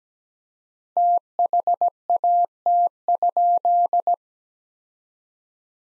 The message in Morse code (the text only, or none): THAT?